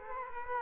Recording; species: mosquito wingbeat signal from an infrared sensor; Culex quinquefasciatus